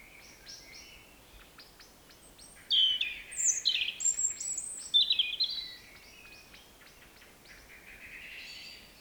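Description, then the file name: European robin song: a single high warbling phrase of quick rising and falling notes, with fainter notes before and after it. "Erithacus rubecula"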